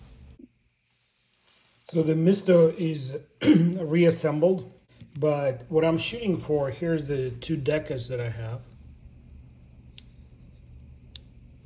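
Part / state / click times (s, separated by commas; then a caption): blade lock in a folding knife handle / seated / 10.0 s. Someone talks, then a reference folding knife, one of two comparison knives set beside a reassembled knife, is opened so the blade lock in its handle engages. A single sharp little click is heard at 10.0 s with no other mechanical noise, and the lock seats; another brief click follows at 11.2 s.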